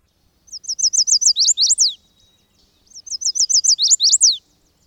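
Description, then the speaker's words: Chestnut-sided Warbler song, twice: a run of quick high sweet notes ending in an emphatic down-slurred flourish, the phrase repeated after about a second's pause. Accented ending song, transcribed 'I'm here to see Miss Beecher' or 'Please, please, please to meet ya'; given mostly early in the season by males attracting a mate; easily recognizable. "This song is most frequently given early in the season when males are trying to attract a mate, and it's easily recognizable."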